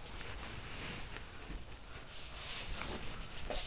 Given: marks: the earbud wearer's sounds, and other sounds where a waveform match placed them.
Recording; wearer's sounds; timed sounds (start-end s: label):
sounds in sleep by an in-ear microphone; body movement
0.19-3.67 s: body movement